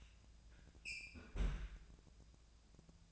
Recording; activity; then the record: daily activity, microphone in the room; close fridge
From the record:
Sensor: 2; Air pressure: 999.9 hPa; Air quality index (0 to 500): 119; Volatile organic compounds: 2 ppm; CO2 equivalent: 1028 ppm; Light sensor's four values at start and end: 34/87/37/42 and 34/87/37/41